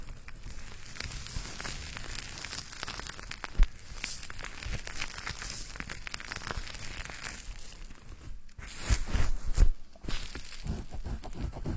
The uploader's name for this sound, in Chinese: 洗头发 纯泡沫挠头音